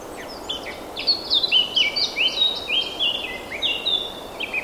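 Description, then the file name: Eurasian blackcap song: a fast run of clear whistled notes, many sliding up or down, flowing without pause over steady background hiss. "Sylvia atricapilla"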